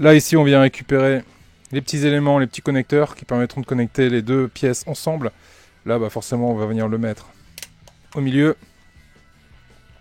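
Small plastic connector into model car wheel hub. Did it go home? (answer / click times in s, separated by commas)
no / none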